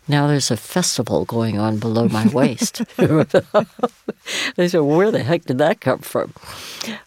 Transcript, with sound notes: Now there's a festival going on below my waist.
(LAUGHTER)
I said, where the heck did that come from?